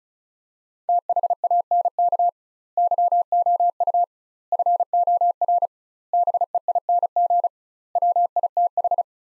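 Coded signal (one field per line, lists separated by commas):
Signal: Morse code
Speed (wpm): 36 wpm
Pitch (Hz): 700 Hz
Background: none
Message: THANK YOU FOR BEING WITH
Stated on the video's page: Morse practice of five-word sets at 35 wpm with 2x word spacing, a word-level Farnsworth-like method for head-copying.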